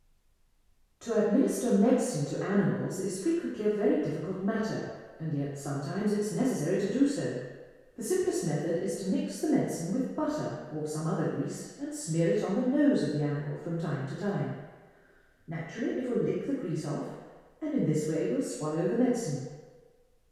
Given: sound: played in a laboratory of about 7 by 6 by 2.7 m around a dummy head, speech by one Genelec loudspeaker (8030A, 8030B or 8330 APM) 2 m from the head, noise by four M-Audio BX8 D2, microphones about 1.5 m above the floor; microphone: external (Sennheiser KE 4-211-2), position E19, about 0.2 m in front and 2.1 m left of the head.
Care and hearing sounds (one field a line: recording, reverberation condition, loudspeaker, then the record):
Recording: female speech in English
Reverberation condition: high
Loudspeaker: 120 degrees to the left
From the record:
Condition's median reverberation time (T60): about 1300 ms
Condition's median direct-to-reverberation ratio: about -4.0 dB